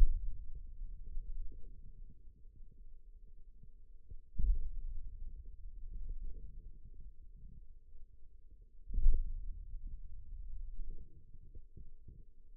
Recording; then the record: forearm muscle sounds (acoustic myography)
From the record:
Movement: hand opening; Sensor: system 2, bracelet of six BSWA MPA416 microphones around the upper forearm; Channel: 4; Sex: male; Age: 22 years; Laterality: right